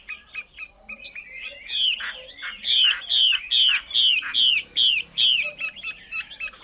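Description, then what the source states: Chinese hwamei song: rich, loud whistles repeated about twice a second, each note sliding downward, with softer twittering notes between. Female hwamei singing.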